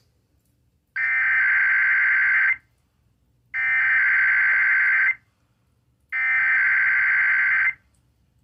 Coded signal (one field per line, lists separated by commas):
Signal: Emergency Alert System (SAME) tones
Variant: header bursts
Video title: WELCOME 3500, RWT Tests (EAS #3,499-3,503) More Lamar Arisons Tech #shorts